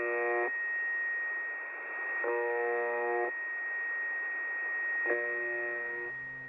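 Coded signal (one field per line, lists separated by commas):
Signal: channel marker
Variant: UVB-76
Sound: harsh low buzzes about a second long, repeating every few seconds, over hiss and whistle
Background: radio static, steady whistle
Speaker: anybody with a working radio can tune in to listen in fact we can tune in on this website and listen to it right now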